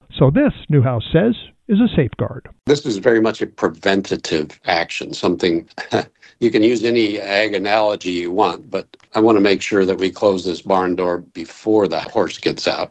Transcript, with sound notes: So, this, Newhouse says is a safeguard…… “This is very much a preventative action, something, (chuckle) you can use any ag analogy you want, but ‘I want to make sure that we close this barn door before the horse gets out.’